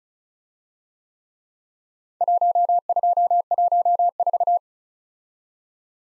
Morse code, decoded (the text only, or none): 1214